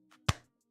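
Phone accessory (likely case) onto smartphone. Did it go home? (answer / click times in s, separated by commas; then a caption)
yes / 0.3 s. A phone accessory, likely a case, is pressed onto an iPhone 17 Pro to show off its loud pop, with a faint soft contact at 0.1 s over a low steady hum. It snaps on with a sharp, loud pop at 0.3 s that fades quickly, and the accessory is seated and fits well.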